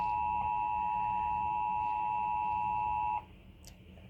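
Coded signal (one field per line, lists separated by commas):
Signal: Emergency Alert System (SAME) tones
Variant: 853 and 960 Hz attention tone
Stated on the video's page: Severe Thunderstorm Warning EAS tones aired during a Sesame Street broadcast.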